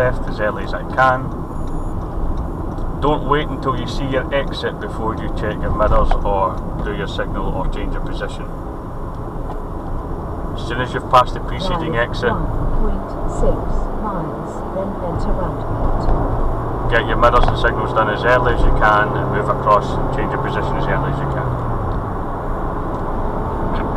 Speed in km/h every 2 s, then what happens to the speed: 44, 45, 47, 47, 48, 52, 58, 63, 69, 76, 79, 79.
0-9 steady at about 47. 9-19 speeds up to 79.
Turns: none.